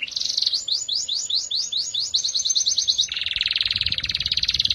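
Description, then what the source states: Atlantic canary song: loud, fast rolled trill of sharp rising high notes for three seconds, then a dense buzzing roll at a slightly lower pitch. F1 canary; therapy recording played to a canary that has stopped singing, to get it singing again.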